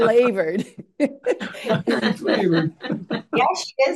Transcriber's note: laughs